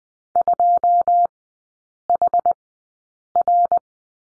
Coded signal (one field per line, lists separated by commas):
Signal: Morse code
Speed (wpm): 20 wpm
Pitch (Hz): 700 Hz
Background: none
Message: 2 H R